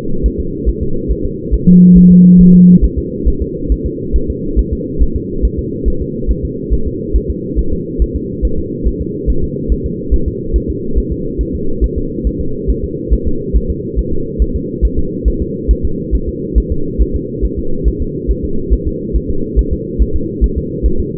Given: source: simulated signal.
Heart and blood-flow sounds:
fetal heart sounds
0.26 s: S1
0.40 s: S2
0.69 s: S1
0.83 s: S2
1.11 s: S1
1.25 s: S2
1.54 s: S1
1.68 s: S2
1.97 s: S1
2.11 s: S2
2.41 s: S1
2.55 s: S2
2.84 s: S1
2.98 s: S2
3.28 s: S1
3.42 s: S2
3.72 s: S1
3.86 s: S2
4.16 s: S1
4.30 s: S2
4.59 s: S1
4.73 s: S2
5.02 s: S1
5.16 s: S2
5.45 s: S1
5.59 s: S2
5.88 s: S1
6.02 s: S2
6.31 s: S1
6.45 s: S2
6.73 s: S1
6.87 s: S2
7.16 s: S1
7.30 s: S2
7.59 s: S1
7.73 s: S2
8.02 s: S1
8.16 s: S2
8.45 s: S1
8.59 s: S2
8.88 s: S1
9.01 s: S2
9.30 s: S1
9.44 s: S2
9.72 s: S1
9.86 s: S2
10.14 s: S1
10.28 s: S2
10.56 s: S1
10.70 s: S2
10.98 s: S1
11.12 s: S2
11.41 s: S1
11.55 s: S2
11.84 s: S1
11.98 s: S2
12.27 s: S1
12.41 s: S2
12.70 s: S1
12.84 s: S2
13.13 s: S1
13.27 s: S2
13.56 s: S1
13.70 s: S2
13.99 s: S1
14.13 s: S2
14.42 s: S1
14.56 s: S2
14.85 s: S1
14.99 s: S2
15.28 s: S1
15.42 s: S2
15.71 s: S1
15.85 s: S2
16.15 s: S1
16.29 s: S2
16.58 s: S1
16.72 s: S2
17.02 s: S1
17.16 s: S2
17.45 s: S1
17.59 s: S2
17.88 s: S1
18.02 s: S2
18.31 s: S1
18.45 s: S2
18.73 s: S1
18.88 s: S2
19.16 s: S1
19.30 s: S2
19.59 s: S1
19.73 s: S2
20.02 s: S1
20.16 s: S2
20.44 s: S1
20.58 s: S2
20.86 s: S1
21.00 s: S2
From the record:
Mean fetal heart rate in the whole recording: 140 bpm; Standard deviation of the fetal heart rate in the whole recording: 2 bpm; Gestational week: 34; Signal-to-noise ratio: -8.1 dB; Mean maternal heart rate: 72 bpm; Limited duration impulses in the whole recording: present

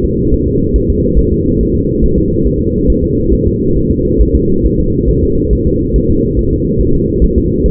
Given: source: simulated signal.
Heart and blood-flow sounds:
fetal heart sounds
0.05 s: S2
0.34 s: S1
0.48 s: S2
0.76 s: S1
0.90 s: S2
1.19 s: S1
1.33 s: S2
1.61 s: S1
1.75 s: S2
2.04 s: S1
2.18 s: S2
2.47 s: S1
2.61 s: S2
2.90 s: S1
3.04 s: S2
3.33 s: S1
3.47 s: S2
3.77 s: S1
3.91 s: S2
4.22 s: S1
4.35 s: S2
4.66 s: S1
4.80 s: S2
5.09 s: S1
5.23 s: S2
5.53 s: S1
5.67 s: S2
5.96 s: S1
6.10 s: S2
6.39 s: S1
6.53 s: S2
6.81 s: S1
6.95 s: S2
7.24 s: S1
7.38 s: S2
7.66 s: S1
From the record:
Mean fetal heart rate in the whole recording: 140 bpm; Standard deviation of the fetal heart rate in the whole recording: 2 bpm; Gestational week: 34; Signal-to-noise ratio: -15.3 dB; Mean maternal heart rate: 72 bpm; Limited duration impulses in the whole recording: present

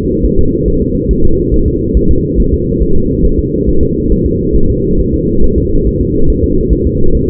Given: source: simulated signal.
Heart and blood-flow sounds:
fetal heart sounds
0.25 s: S1
0.39 s: S2
0.68 s: S1
0.82 s: S2
1.11 s: S1
1.25 s: S2
1.54 s: S1
1.68 s: S2
1.97 s: S1
2.11 s: S2
2.40 s: S1
2.54 s: S2
2.82 s: S1
2.97 s: S2
3.25 s: S1
3.39 s: S2
3.69 s: S1
3.83 s: S2
4.12 s: S1
4.26 s: S2
4.56 s: S1
4.70 s: S2
5.00 s: S1
5.14 s: S2
5.44 s: S1
5.58 s: S2
5.87 s: S1
6.01 s: S2
6.30 s: S1
6.44 s: S2
6.73 s: S1
6.87 s: S2
7.15 s: S1
7.29 s: S2
From the record:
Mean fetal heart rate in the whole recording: 140 bpm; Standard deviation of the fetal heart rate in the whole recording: 2 bpm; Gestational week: 34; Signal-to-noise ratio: -19.1 dB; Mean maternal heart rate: 72 bpm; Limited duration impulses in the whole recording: present

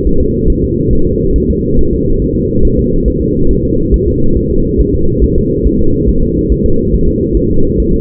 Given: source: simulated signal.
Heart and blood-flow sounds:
fetal heart sounds
0.07 s: S1
0.21 s: S2
0.50 s: S1
0.64 s: S2
0.93 s: S1
1.07 s: S2
1.36 s: S1
1.50 s: S2
1.79 s: S1
1.93 s: S2
2.22 s: S1
2.36 s: S2
2.65 s: S1
2.79 s: S2
3.08 s: S1
3.22 s: S2
3.51 s: S1
3.65 s: S2
3.94 s: S1
4.08 s: S2
4.37 s: S1
4.51 s: S2
4.81 s: S1
4.95 s: S2
5.24 s: S1
5.38 s: S2
5.67 s: S1
5.81 s: S2
6.09 s: S1
6.23 s: S2
6.52 s: S1
6.66 s: S2
6.94 s: S1
7.08 s: S2
7.37 s: S1
7.51 s: S2
7.80 s: S1
7.94 s: S2
From the record:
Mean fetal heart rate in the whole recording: 140 bpm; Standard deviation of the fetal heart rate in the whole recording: 2 bpm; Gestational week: 34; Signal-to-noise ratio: -17.7 dB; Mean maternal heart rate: 72 bpm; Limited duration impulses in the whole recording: present

